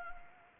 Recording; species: mosquito wingbeat signal from an infrared sensor; Anopheles arabiensis